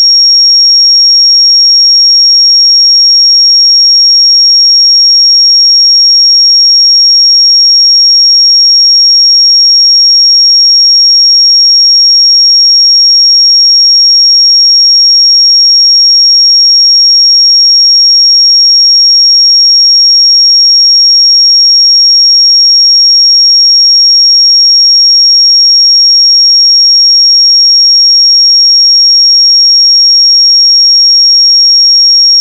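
A pure sine tone at 5573 Hz holds perfectly steady for the full thirty-two seconds. The thin, piercing whistle never wavers in pitch or loudness, with no breaks, no other sounds and a silent background.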